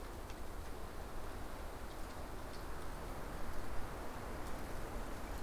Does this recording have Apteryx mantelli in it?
no